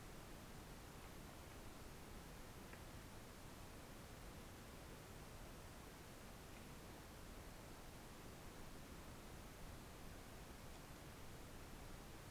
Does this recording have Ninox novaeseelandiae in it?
no